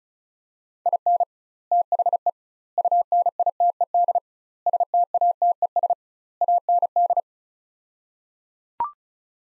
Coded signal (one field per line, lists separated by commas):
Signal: Morse code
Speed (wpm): 36 wpm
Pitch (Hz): 700 Hz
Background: none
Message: IN THE UNITED STATES AND